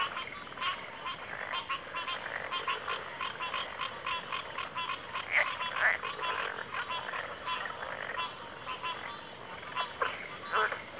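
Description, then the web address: Cricket chorus forms a constant high shimmering band beneath dense bursts of rattling, croak-like calls, with a few sharper notes near the middle and end. Chorus of crickets in a backwater. "Sleep Sounds of Nature CRICKETS. Backwater Chorus"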